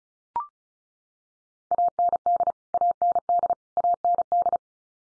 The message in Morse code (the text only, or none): AND AND AND